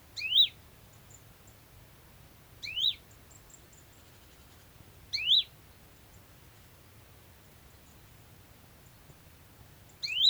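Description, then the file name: Great tit producing sharp, quick rising call notes led by a high click, four calls, the first three about two and a half seconds apart and a longer gap before the last, with a soft low background hum. "Parus major"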